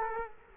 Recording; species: mosquito wingbeat signal from an infrared sensor; Culex quinquefasciatus